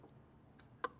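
On a 1999–2008 Porsche 996 911 Carrera (3.4L or 3.6L), the throttle cable end is pulled out of its holder on the throttle body and slid aside during a starter motor replacement. After a faint tick at about 0.6 s, a sharp snap at 0.8 s marks the cable end popping free and the cable being disconnected.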